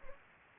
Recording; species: mosquito wingbeat signal from an infrared sensor; Anopheles gambiae